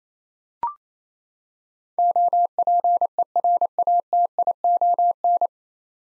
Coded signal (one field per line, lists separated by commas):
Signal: Morse code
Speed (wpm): 28 wpm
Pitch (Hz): 700 Hz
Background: none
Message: OPERATION